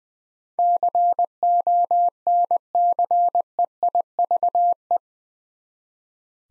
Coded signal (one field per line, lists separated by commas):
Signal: Morse code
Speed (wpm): 20 wpm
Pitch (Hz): 700 Hz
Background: none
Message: CONCEIVE